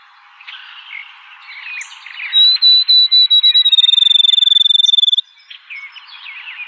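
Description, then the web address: Field sparrow song: clear whistled notes on one high pitch, starting slow and speeding into a fast trill over about three seconds, with soft chirps of other birds around it. Recorded in 2007. "Field Sparrow 2007 01 04 Field Sparrow"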